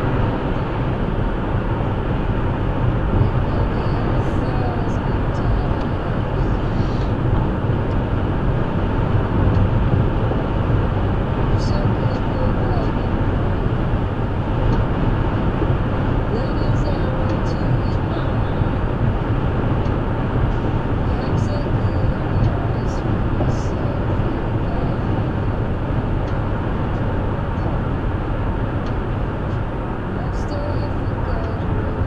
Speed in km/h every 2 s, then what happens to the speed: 135, 137, 137, 137, 135, 135, 134, 134, 134, 132, 130, 124, 122, 124, 124, 121.
0-16 steady at about 135. 16-32 slows to 121.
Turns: none.